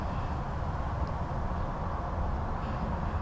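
A fuel line quick-connect coupling is being handled at the outlet of a BOOSTED 6 low pressure fuel pump on an Infiniti Q50 3.0t, ready to be slid on. Only a steady, broadband background rumble is heard, with no distinct click. Nothing has seated or clicked yet.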